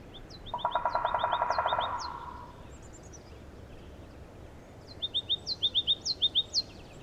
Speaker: you can hear almost all day in these forests. Ruby-crowned kinglets are tiny, but their song has so much energy.